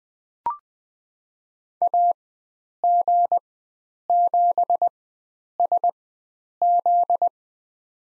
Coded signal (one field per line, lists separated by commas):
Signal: Morse code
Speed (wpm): 20 wpm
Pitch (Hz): 700 Hz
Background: none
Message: AG7SZ